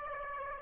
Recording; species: mosquito wingbeat signal from an infrared sensor; Aedes aegypti